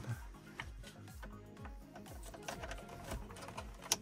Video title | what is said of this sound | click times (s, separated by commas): install natin FITCAMX OEM Style dash cam. Pilotvlog#5 Pinoy Canada | Yun, nag-click na siya. | 3.9 s